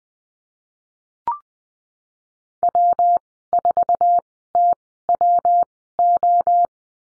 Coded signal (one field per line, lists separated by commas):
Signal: Morse code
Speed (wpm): 20 wpm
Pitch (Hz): 700 Hz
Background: none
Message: W4TWO